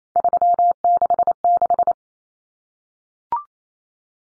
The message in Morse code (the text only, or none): 366